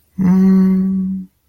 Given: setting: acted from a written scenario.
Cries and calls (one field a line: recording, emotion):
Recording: vocal sound without words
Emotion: awe